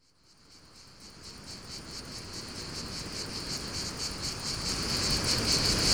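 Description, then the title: Cicada song fading in, a pulsed high buzz beating about three times a second, with a low rumble of noise rising underneath. In a pine wood during mistral wind, Fontvieille, France; two microphones with DIY windscreens, DAT cassette recorder. "Fontvieille, France - Mistral et cigales"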